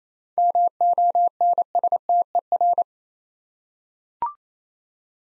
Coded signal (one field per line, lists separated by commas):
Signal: Morse code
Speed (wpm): 27 wpm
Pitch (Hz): 700 Hz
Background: none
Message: MONSTER